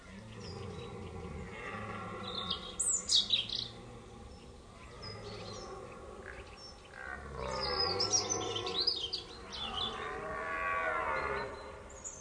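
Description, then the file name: Red deer bellowing: deep, drawn-out groaning roars rising and falling, a few seconds each, with chirping and whistling songbirds. Stag bellowing during the rut; by Jean-Marc Lhotel. "brame du cerf jeanmarclhotel"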